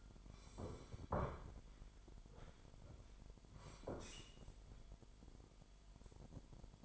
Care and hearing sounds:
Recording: daily activity, microphone in the room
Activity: sit down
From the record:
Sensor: 5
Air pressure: 998.6 hPa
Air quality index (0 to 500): 83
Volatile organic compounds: 1 ppm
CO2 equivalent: 952 ppm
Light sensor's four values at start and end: 42/103/43/47 and 43/105/44/48

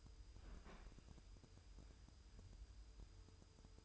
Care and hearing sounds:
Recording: daily activity, microphone in the room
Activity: open fridge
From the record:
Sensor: 2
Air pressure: 988.2 hPa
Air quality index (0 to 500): 194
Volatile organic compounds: 208 ppm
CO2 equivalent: 4240 ppm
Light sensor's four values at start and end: 22/74/29/27 and 22/74/29/27

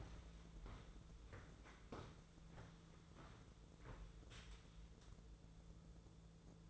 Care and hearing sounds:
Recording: daily activity, microphone in the room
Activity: walk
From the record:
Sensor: 3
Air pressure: 1005.6 hPa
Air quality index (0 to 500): 97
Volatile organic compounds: 3 ppm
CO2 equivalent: 1512 ppm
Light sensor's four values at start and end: 10/24/10/9 and 10/24/10/9

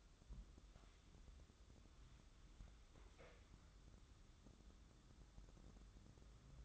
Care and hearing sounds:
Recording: daily activity, microphone in the room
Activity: wipe stove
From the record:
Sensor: 3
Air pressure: 996.0 hPa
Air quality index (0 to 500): 92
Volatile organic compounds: 11 ppm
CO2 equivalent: 2294 ppm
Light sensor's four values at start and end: 28/85/35/30 and 27/84/35/30

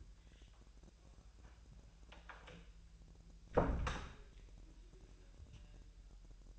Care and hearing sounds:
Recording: daily activity, microphone in the room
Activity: close door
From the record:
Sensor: 2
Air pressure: 1001.3 hPa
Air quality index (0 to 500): 245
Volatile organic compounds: 81 ppm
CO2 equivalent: 3612 ppm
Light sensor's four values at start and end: 8/19/7/7 and 8/19/8/7

